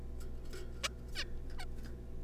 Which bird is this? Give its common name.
Zebra Finch